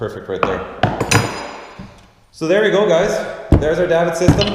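The davit arm of a cross-deck top-mount watercraft lift for PWCs and dinghies is handled at its mounting block, fastened so the arm sits snug inside the block. Sharp metallic knocks are heard around 1.0 and 1.1 seconds while someone talks. Nothing has seated or clicked yet.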